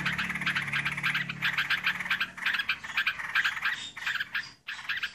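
Yellow-vented Bulbul chatter: dense runs of quick, scratchy notes with hardly any gaps, and a faint low hum at the start.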